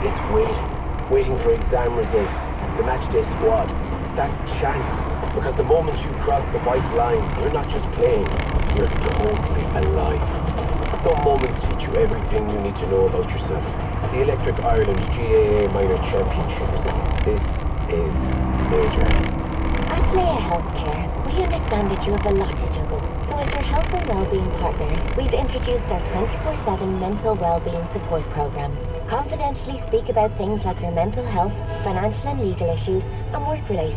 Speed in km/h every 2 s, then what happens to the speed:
33, 36, 36, 35, 33, 32, 32, 30, 33, 32, 29, 26, 22, 13, 0, 0, 0.
4-13 slows to 30. 13-18 steady at about 32. 18-28 slows to 0. 28-34 standing.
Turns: none.